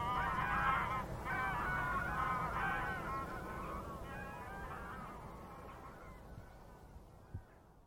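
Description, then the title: Goose: geese giving a busy chorus of overlapping honks that gradually fades, ending with a single sharp click. Gaggles of geese in fields by the River Thame, England, UK, on the morning of 23 September 2023, excited by floodwater across the meadows. "Gaggles of geese, River Thame, England, UK on 23rd September 2023 – by Paul Ridout"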